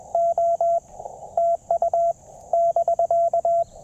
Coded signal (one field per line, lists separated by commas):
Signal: Morse code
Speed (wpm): 21 wpm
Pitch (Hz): 680 Hz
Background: radio noise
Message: O TU <BK>